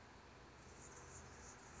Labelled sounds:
Anna's Hummingbird
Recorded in Sonoma County, California

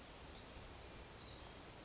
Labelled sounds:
Brown Creeper
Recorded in Sonoma County, California

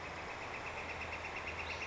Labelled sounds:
Northern Flicker
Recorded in Sonoma County, California

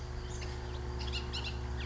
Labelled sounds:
Bullock's Oriole
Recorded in Sonoma County, California

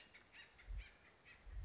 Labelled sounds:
Acorn Woodpecker
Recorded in Sonoma County, California

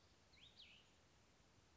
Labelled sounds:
Cassin's Vireo
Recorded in Sonoma County, California

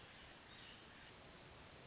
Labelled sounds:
Hermit Thrush
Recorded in Sonoma County, California

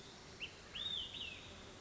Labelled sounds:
Olive-sided Flycatcher
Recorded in Sonoma County, California

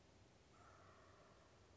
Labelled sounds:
Wild Turkey
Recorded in Sonoma County, California

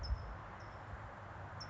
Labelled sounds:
California Towhee
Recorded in Sonoma County, California

